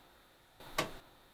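A screw sits in a threaded hole in a PC case and is turned backwards, counter-clockwise, until the start of the thread drops into place. A single small metallic click is heard at 0.8 s over a brief low rustle. The click shows the screw is at the beginning of the thread and will go in straight.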